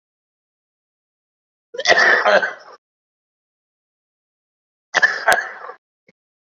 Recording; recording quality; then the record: shallow voluntary cough; excellent, no background noise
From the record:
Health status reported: COVID-19 positive, moderate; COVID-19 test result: positive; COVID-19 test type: RT-PCR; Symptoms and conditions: cough, cold, breathing difficulty, fever, fatigue, chronic lung disease, hypertension, diabetes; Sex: male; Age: 65 years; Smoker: no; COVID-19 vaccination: both doses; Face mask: worn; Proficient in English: no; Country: India